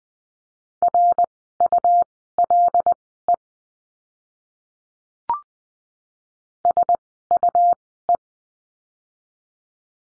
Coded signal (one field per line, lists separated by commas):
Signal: Morse code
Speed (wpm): 20 wpm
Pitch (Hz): 700 Hz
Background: none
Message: RULE SUE